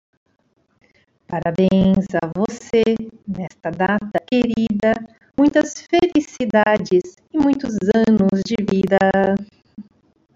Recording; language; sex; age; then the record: short text; Brazilian Portuguese; female; 40 to 49 years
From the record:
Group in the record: control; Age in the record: 49 years